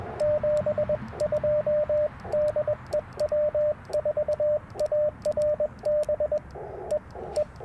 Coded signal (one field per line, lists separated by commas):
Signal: Morse code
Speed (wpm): 21 wpm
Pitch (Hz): 600 Hz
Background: radio noise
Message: 72 DE W4ARB E E